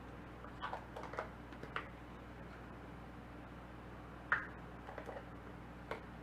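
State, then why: Seated. A plastic cap is pressed down hard onto a filled 250 cc plastic juice bottle. Several light ticks and taps are heard over a steady low hum, then a sharp snap at 4.3 s as the cap locks in place, followed by a few softer taps. The cap is seated and locked.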